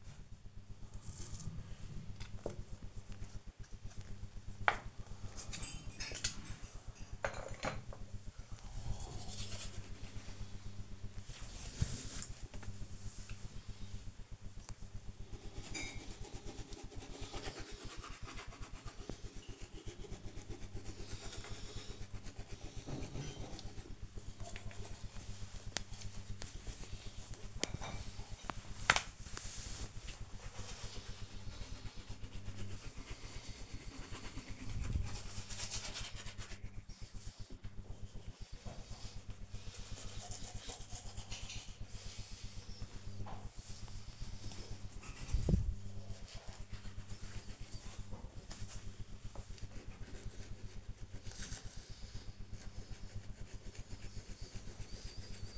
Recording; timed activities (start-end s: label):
household activities, microphone on the right wrist
0.00-55.58 s: brushing teeth